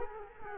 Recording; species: mosquito wingbeat signal from an infrared sensor; Culex quinquefasciatus